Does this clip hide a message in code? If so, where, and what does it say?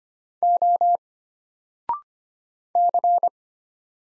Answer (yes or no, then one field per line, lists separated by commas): yes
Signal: Morse code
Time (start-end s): 0.4-3.3 s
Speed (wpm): 25 wpm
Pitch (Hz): 700 Hz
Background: none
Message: O C